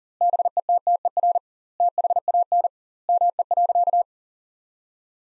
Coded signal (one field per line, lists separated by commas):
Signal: Morse code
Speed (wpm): 37 wpm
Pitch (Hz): 700 Hz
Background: none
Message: BETTER THAN ME.